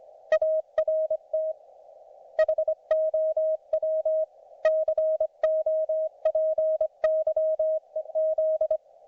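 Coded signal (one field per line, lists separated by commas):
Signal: Morse code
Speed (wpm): 25 wpm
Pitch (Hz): 630 Hz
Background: none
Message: ART HOW COPY EZ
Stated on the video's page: Ragchew QSO on 40m using a YouKits HB-1B QRP transceiver and NVIS inverted-V dipole fed with twisted pair.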